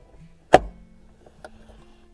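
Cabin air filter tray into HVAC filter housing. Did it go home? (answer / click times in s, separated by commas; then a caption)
yes / 0.5 s. The cabin air filter tray of a 2023 Honda Passport is pushed back into its plastic HVAC filter housing behind the glovebox. It gives one sharp, loud click at 0.5 s, followed by two much fainter ticks around 1.3 and 1.5 s. The tray clicks into place and is seated, ready to go.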